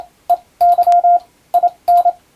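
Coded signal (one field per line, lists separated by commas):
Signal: Morse code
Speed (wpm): 27 wpm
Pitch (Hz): 700 Hz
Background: radio noise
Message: EY IN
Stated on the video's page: Morse code receiving practice for the Japanese radiotelegraph operator national exam, using telegram practice text; also usable as amateur radio copying practice.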